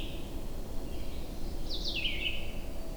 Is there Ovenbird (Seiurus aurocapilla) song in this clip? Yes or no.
no